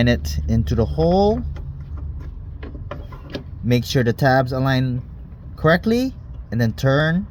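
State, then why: Not seated. Someone talks while a Nilight 9005 HB3 LED headlight bulb is inserted into the hole of the headlight housing and its tabs are lined up before it is turned to lock. Only light handling contact sounds are heard, with small taps between about 2.0 and 3.4 seconds. Nothing has seated or clicked yet.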